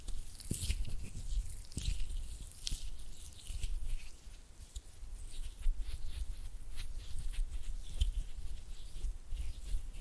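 Oily hands rub and fingers flutter in quick, uneven bursts, giving a wet, crackling, squishy texture. Sharp clicks and smacks land every second or so, with soft low thumps underneath and a faint, steady hiss between the louder moments.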